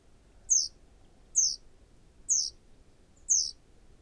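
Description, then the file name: Great tit giving short, sharp, high-pitched downslurred calls, four in a row at a steady pace of roughly one per second, over quiet background noise. "Parus major"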